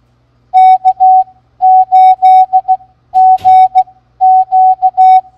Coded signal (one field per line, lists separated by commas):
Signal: Morse code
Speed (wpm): 16 wpm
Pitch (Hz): 750 Hz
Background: none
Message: K8GQ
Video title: Game Time! Morse Code Practice is now a game. Can you beat our scores? Don’t miss the loser’s prize!